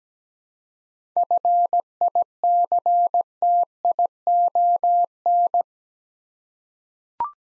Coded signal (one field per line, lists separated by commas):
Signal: Morse code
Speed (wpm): 17 wpm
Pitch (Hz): 700 Hz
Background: none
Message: FICTION